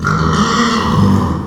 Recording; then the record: squeal of a Yucatan mini pig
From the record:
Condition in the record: after surgery on the right vocal fold (resection and tissue-engineered implant); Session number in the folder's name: 15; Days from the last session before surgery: 175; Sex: female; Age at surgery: 19 weeks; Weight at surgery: 25 kg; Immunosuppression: prednisolone